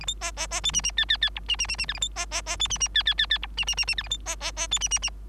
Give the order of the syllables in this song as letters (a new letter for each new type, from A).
A B C C C D E E F F F G E E E E H A B C C C D E E F F F F G E E E E H A B C C C D E E E